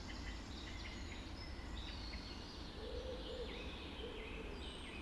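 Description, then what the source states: Dawn chorus of mixed birds, thin high whistles and descending notes, with a soft lower warble and steady background rumble. Dawn chorus recorded just after dawn in the Forest of Dean.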